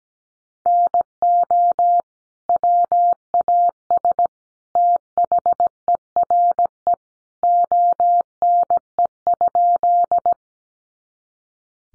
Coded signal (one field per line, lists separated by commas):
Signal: Morse code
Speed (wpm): 17 wpm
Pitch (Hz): 700 Hz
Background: none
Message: NO WAS THERE ONE?